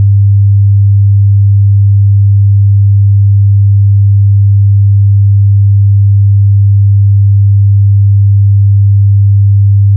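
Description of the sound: A steady, low pure tone of about 100 Hz hums unchanged for the full ten seconds, with no other sound. It is a generated test tone used for tinnitus determination: a listener compares its pitch with the ringing they hear.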